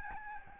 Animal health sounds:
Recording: mosquito wingbeat signal from an infrared sensor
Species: Aedes albopictus

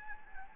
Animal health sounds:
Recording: mosquito wingbeat signal from an infrared sensor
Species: Anopheles gambiae

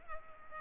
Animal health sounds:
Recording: mosquito wingbeat signal from an infrared sensor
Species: Culex pipiens

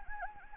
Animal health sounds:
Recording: mosquito wingbeat signal from an infrared sensor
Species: Anopheles gambiae

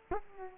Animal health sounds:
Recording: mosquito wingbeat signal from an infrared sensor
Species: Culex quinquefasciatus

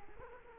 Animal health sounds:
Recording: mosquito wingbeat signal from an infrared sensor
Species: Culex quinquefasciatus

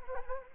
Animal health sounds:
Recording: mosquito wingbeat signal from an infrared sensor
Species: Anopheles gambiae

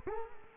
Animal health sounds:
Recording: mosquito wingbeat signal from an infrared sensor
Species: Culex quinquefasciatus

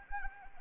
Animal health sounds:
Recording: mosquito wingbeat signal from an infrared sensor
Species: Anopheles arabiensis

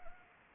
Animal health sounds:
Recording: mosquito wingbeat signal from an infrared sensor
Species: Anopheles arabiensis

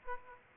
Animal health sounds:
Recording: mosquito wingbeat signal from an infrared sensor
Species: Aedes aegypti

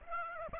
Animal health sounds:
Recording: mosquito wingbeat signal from an infrared sensor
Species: Aedes aegypti

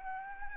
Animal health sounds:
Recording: mosquito wingbeat signal from an infrared sensor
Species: Aedes albopictus

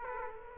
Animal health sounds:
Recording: mosquito wingbeat signal from an infrared sensor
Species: Aedes aegypti

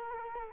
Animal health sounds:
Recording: mosquito wingbeat signal from an infrared sensor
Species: Culex quinquefasciatus

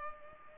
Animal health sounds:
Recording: mosquito wingbeat signal from an infrared sensor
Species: Culex pipiens

